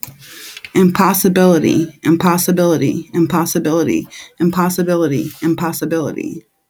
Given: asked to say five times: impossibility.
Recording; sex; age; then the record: repeated word; female; 30 to 39 years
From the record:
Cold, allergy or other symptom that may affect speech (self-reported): no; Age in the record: 35 years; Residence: New Jersey, United States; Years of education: 13